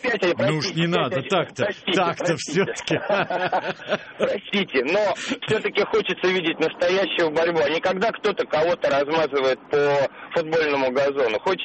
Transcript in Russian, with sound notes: Уж не надо так-то все-таки (смеются)
Простите. Все-таки хочется видеть настоящую борьбу, а не когда кто-то кого-то размазывает по футбольному газону.